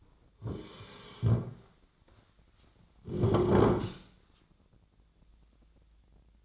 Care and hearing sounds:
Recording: daily activity, microphone in the room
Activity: sit down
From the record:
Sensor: 3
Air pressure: 1009.2 hPa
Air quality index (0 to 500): 182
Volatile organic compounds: 3 ppm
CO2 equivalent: 1466 ppm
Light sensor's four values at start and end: 39/102/45/46 and 45/116/51/51

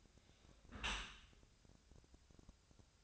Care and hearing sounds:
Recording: daily activity, microphone in the room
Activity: close dishwasher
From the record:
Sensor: 2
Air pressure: 1000.4 hPa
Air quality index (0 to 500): 162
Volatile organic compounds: 3 ppm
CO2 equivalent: 1343 ppm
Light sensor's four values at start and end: 11/31/12/14 and 11/31/12/14

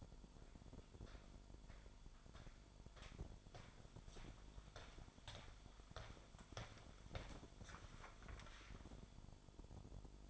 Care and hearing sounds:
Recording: daily activity, microphone in the room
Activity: walk to room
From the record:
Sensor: 5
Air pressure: 1008.3 hPa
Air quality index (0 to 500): 127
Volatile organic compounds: 1 ppm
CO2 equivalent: 975 ppm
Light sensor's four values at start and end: 38/89/36/36 and 49/83/44/51

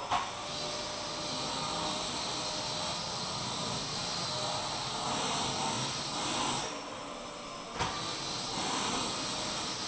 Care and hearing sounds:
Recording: daily activity, microphone in the room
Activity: vacuum cleaning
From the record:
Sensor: 1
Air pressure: 1002.0 hPa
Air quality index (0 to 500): 242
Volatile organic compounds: 47 ppm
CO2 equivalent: 3255 ppm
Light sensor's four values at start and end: 8/27/10/11 and 8/28/10/11

